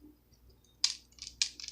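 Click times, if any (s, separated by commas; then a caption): 0.8 s, 1.4 s. A plastic action figure's waist swivel joint is rotated by hand, giving sharp plastic clicks at 0.8 s and 1.4 s as it locks into place, with a softer tick right at the end around 1.8 s. Between the clicks there are faint scraping rustles over a quiet background, and the swivel ends locked in position.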